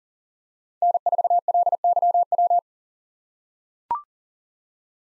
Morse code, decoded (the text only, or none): N4LYW